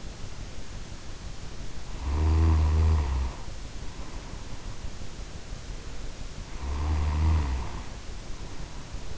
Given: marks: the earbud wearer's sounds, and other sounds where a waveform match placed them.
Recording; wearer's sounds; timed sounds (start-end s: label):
sounds in sleep by an in-ear microphone; snoring breath
1.73-4.93 s: snoring breath
6.37-9.18 s: snoring breath